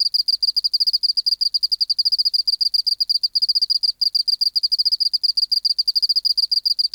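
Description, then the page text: Oceanic field cricket producing a continuous pulsed trill, high-pitched, with slight rhythmic grouping and tiny pauses, no other sounds. Museum specimen in the BMNH Acoustic Laboratory, 19 March 1984, 11:15 local time, 24°C, 30% humidity, still air, dim light. "412:14 Teleogryllus oceanicus (514r2). BioAcoustica. Natural History Museum Sound Archive. Recording Location: BMNH Acoustic Laboratory Recorded by: W. J. Reynolds Date Recorded: Mandag, marts 19, 1984 Local time: 1115"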